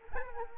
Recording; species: mosquito wingbeat signal from an infrared sensor; Anopheles arabiensis